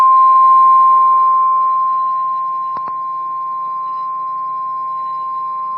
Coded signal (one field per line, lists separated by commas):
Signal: Emergency Alert System (SAME) tones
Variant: 1050 Hz attention tone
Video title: PDS Severe Thunderstorm Warning (Hemphill and Roberts Counties, TX) (4/24/25) [EAS #147]